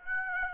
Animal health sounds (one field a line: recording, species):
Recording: mosquito wingbeat signal from an infrared sensor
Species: Aedes aegypti